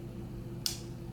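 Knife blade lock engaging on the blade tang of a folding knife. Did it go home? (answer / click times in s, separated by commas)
yes / 0.7 s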